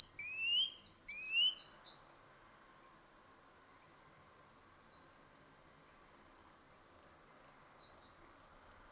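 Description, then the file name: Great tit song, a brief burst of a few two-note whistled phrases at the start, then near silence with faint notes late. "Parus major"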